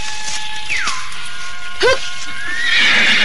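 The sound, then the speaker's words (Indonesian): A horse lets out a loud, shaky whinny with a quavering rise and fall, followed by a brighter, rising neigh trailing into breathy noise. No one speaks. “Kau bawalah kudaku.”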